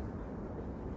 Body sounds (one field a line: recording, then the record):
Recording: background sound without coughing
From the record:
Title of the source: Train Ride Ambience ambient white noise for sleeping, focus, studying, reading